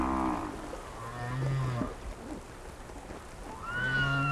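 Whale moans, low and drawn out with stacked harmonics, ending in a higher rising tonal sweep over a steady hiss.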